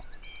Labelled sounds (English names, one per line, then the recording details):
Yellowhammer song
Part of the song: start
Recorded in the Czech Republic on 18 May 2013
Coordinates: 50.376, 14.521
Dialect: BE
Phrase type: H7
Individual 295865